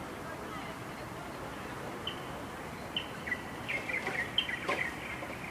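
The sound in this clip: Chinese bulbul calling: a run of quick chirped notes from two to five seconds, faint against constant background noise.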